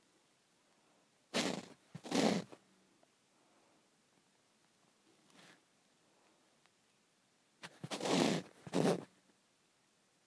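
Someone squeezes a nearly empty lotion bottle, producing short, bright, sputtering squirts of air and lotion. Two bursts come around one to two seconds, a faint one near five seconds, and a stronger cluster of three between eight and nine seconds, with quiet gaps between.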